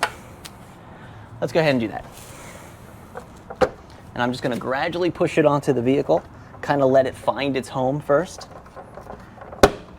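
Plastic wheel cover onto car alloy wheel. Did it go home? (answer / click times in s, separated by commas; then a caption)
partly / 9.6 s. A 19-inch Kunist plastic wheel cover is pushed gradually onto the alloy wheel of a Tesla Model Y while someone talks, with a few soft taps along the way. One loud, sharp snap at 9.6 s marks the first retaining clips engaging, so the cover is only starting to snap into place and is not yet fully seated.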